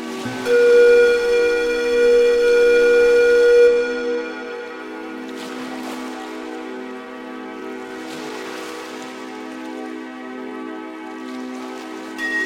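Soft rain hisses steadily beneath a sustained, droning music chord that swells for the first four seconds, then settles quieter and continuous.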